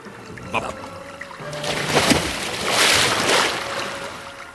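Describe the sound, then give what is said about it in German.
Stormy sea waves surge in a broad, hissing wash that swells twice to a loud peak and then rolls back, with faint voices murmuring beneath the roar. “Sie rollt die Wellen, die stürmische See.”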